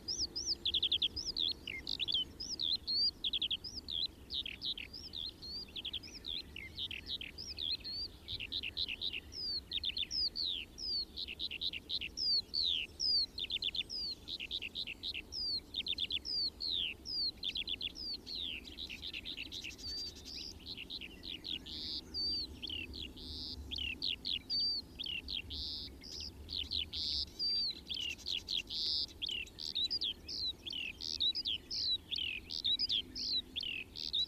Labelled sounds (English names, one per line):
Eurasian Skylark song